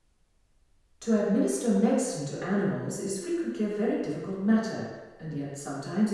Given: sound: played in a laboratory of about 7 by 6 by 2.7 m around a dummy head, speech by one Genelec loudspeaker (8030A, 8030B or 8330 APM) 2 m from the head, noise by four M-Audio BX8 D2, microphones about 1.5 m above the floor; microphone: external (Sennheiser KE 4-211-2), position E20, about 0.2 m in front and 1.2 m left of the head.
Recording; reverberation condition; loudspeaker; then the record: female speech in English; high; behind (180 degrees)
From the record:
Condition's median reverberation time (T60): about 1300 ms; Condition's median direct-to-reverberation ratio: about -4.0 dB